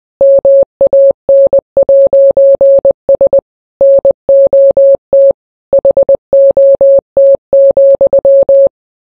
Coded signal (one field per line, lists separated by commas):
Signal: Morse code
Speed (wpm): 20 wpm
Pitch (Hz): 550 Hz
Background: none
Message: MAN'S NOT HOT,